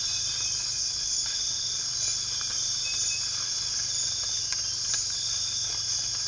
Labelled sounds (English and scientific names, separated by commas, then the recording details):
none
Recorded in dense forest near Puerto Asís, Putumayo, Colombia, on 12 March 2025 at 05:30
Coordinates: 0.485, -76.318
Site G056